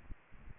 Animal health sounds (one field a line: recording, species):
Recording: mosquito wingbeat signal from an infrared sensor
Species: Aedes aegypti